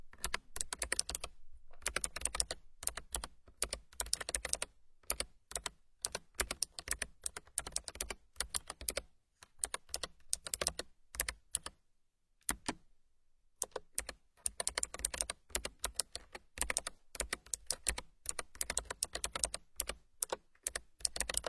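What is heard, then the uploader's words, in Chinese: Typing on a mechanical keyboard: crisp, bright clicks and clacks come in quick, uneven bursts. Short silent pauses break the flow around the two-second mark, again near nine seconds, and longest at about twelve to thirteen seconds, before the rapid typing resumes. 机械键盘︎敲击音。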